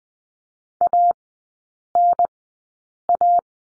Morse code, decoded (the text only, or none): ANA